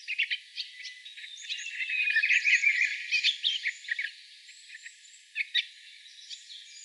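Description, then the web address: Japanese bush warbler calls: short, dry clicking notes scattered irregularly, bunching into a denser flurry midway, then thinning to isolated ticks. Non-breeding calls, known as jinaki. "uguisu zinaki"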